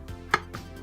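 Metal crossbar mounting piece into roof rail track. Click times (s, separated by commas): 0.3 s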